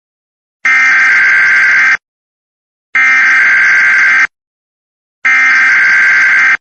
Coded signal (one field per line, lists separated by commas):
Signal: Emergency Alert System (SAME) tones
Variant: header bursts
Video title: EAS Scenario: Hell on Earth South Park Edition